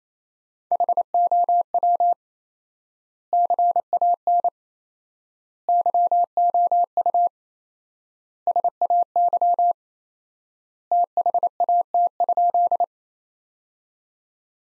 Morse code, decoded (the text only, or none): HOW CAN YOU SAY THAT?